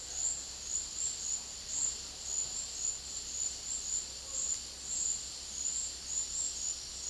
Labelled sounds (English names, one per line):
none